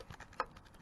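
A bulb socket is rotated into a truck's light housing and clicks as it locks in at 0.4 s. Before that, faint ticks and scraping are heard, and after it only quiet handling noise remains. No one talks in this stretch, and the socket is seated.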